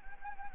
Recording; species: mosquito wingbeat signal from an infrared sensor; Anopheles gambiae